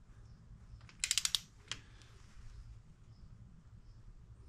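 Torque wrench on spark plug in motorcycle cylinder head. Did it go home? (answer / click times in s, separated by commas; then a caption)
yes / 1.3 s. A click-type torque wrench tightens a spark plug into a Sportster motorcycle cylinder head to about 14 to 18 ft-lb. A quick run of sharp ratcheting ticks leads into the wrench's click at 1.3 s, followed by one fainter tick around 1.7 s and then quiet. The plug is torqued to its setting.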